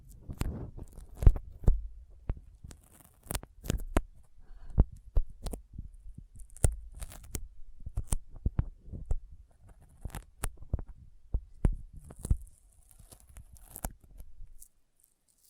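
Sticky fingers pulling apart and tapping, making a string of sharp smacks and tacky peeling clicks. The sounds come irregularly, several per second at times, with soft low thumps beneath, and a faint hiss drifts in near the end before it stops.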